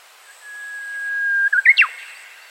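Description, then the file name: Japanese bush warbler song: a long, steady whistled note, then a quick burst of sharp, rising and falling flourish notes. "Cettia diphone"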